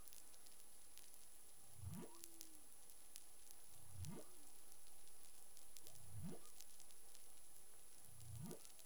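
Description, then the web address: Humpback whale calls: four deep upswept moans, each sliding sharply upward, spaced roughly two seconds apart, with a faint brief tonal note after the first and steady crackle behind. Caribbean; recorded 25 February 2021 at about 11:17 UTC. "CARIMAM clean data humpback whale"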